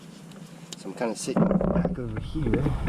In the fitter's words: your transmission so you just push it in there and you hear it click